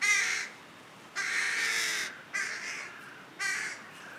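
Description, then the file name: Carrion crow cawing: four harsh, raspy caws, most about half a second long with the second nearer a second, given roughly once a second with short pauses between. "Corvus corone"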